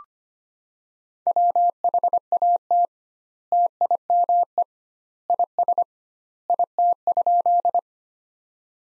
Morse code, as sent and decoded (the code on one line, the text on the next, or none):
.-- .... .- - / - .. -- . / .. ... / .. - ..--..
WHAT TIME IS IT?